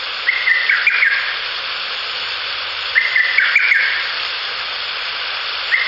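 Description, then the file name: Lesser cuckoo call: loud staccato whistled phrases, a quick broken run of notes, given about three seconds apart, over a steady hiss. "ホトトギス 遠藤"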